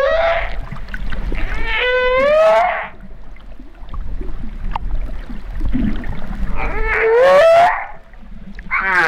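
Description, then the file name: Humpback whale song: upsweeping moans with rich harmonics, each rising over a second or two, separated by quieter pauses. Recorded at La Réunion in 2011. "Baleine Bosse La Reunion 2011"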